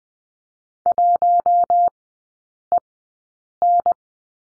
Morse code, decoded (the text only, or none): 1EN